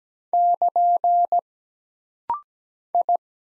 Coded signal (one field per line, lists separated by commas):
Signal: Morse code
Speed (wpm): 17 wpm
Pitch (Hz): 700 Hz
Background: none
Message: <KN> I